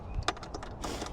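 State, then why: Not seated. A cargo fence attachment, a plastic or metal clip, is handled at the metal floor rail in the cargo area of a Lamborghini Urus with the cargo package. A sharp tick sounds at 0.3 s, lighter taps follow near 0.6 s, and a longer scraping rattle runs from about 0.8 s. Nothing has seated or clicked into place yet.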